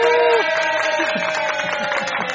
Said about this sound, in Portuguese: É o Paulinho que tá colocando as palmas lá.